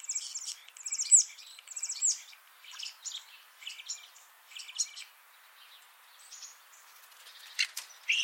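Common starling song with buzzy rattling phrases repeating about once a second, fading to soft chatter, then sharp clicks at the end.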